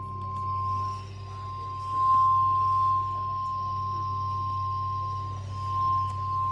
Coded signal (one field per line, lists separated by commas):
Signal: Emergency Alert System (SAME) tones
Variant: 1050 Hz attention tone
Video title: EAS Alerts From 11/4/24 (EAS #3473-3492)